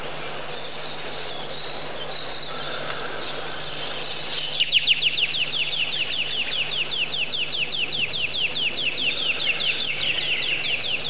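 Bird song with faint high whistles, then a long, fast series of sharp, down-slurred chirps over a constant low hum.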